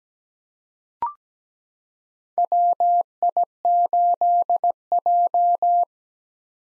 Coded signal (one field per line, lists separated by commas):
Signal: Morse code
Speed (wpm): 17 wpm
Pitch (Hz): 700 Hz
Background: none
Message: WI8J